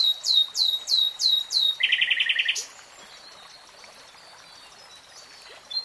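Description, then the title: Nightingale delivering a phrase of several quick, sweeping high notes followed by a dense, buzzy rattle that stops abruptly, leaving faint twittering. Nightingale singing in real time. "[Tiếng chim hót] REALTIME Nightingale Singing"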